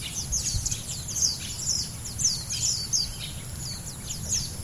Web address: lowland white eye call